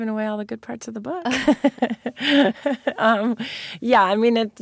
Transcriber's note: soundbite of laughter